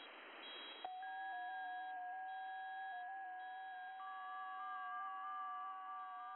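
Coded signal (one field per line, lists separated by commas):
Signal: FT8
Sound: brief hiss, then several overlapping steady warbling tones shifting pitch slightly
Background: radio static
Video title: FT8 digi mode 17m - 18.100 MHz SWLing \ WebSDR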